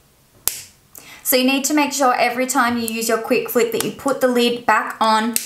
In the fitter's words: so you can distinctively hear when you shut the lid that it actually locks in place properly